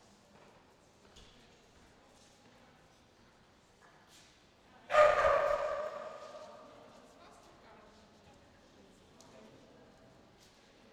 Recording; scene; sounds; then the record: everyday scene through a hearing-aid microphone; reverberant space; barking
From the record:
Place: railway station hall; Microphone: in the ear canal, left